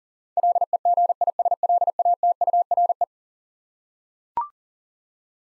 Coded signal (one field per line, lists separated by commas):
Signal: Morse code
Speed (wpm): 40 wpm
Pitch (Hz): 700 Hz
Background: none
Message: LEGISLATURE